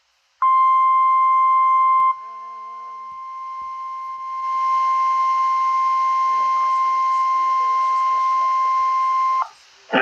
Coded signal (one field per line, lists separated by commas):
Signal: Emergency Alert System (SAME) tones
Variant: 1050 Hz attention tone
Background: speech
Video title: Severe Thunderstorm Warning EAS#34 Albany ,NY